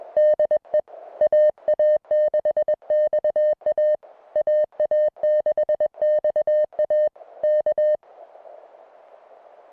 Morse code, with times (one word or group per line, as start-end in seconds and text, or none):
0.2-0.8 DE
1.2-4.0 AA6XA
4.4-7.1 AA6XA
7.4-8.0 K